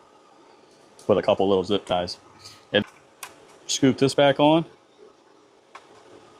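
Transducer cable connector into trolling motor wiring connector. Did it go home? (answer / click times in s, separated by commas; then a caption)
yes / 5.8 s. A transducer cable connector on a trolling motor is pushed back onto the trolling motor wiring connector while someone talks. A short, sharp click at 5.8 s shows the connector has seated.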